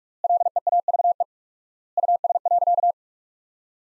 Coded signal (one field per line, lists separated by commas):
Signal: Morse code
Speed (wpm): 41 wpm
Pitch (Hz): 700 Hz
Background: none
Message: LEAVE US.